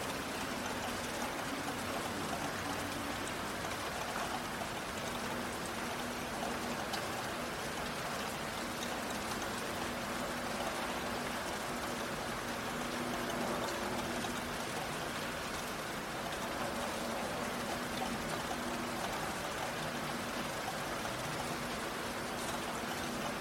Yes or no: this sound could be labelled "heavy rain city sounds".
yes